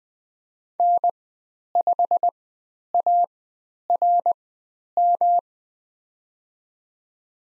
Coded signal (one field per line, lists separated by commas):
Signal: Morse code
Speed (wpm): 20 wpm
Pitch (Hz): 700 Hz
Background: none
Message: N5ARM